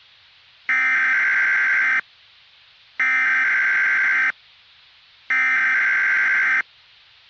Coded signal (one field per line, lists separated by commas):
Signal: Emergency Alert System (SAME) tones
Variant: header bursts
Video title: Nightmare in The Metroplex - EAS Scenario